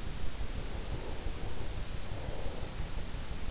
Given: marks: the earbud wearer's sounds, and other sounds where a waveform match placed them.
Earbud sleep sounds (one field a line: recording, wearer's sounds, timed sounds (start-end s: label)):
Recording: sounds in sleep by an in-ear microphone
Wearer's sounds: breath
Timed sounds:
0.27-3.36 s: breath